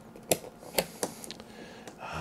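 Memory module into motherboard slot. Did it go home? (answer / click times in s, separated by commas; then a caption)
yes / 0.3 s. A memory module is pressed into a motherboard DIMM slot until the retention latch snaps shut with a sharp click at 0.3 s, and it is seated. More short clicks follow at about 0.8, 1.0, 1.2, 1.3 and 1.9 seconds. No one talks during the clip.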